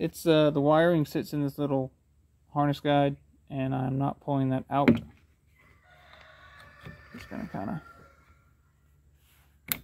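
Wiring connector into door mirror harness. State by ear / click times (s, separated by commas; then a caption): seated / 9.7 s. On a 2010 Ford Fusion during a side view mirror replacement, someone talks while working the mirror/tweeter wiring connector, whose wiring sits in a small harness guide, into the door mirror harness behind the door panel. Soft handling rustles follow, then a single sharp click at 9.7 s as the connector seats.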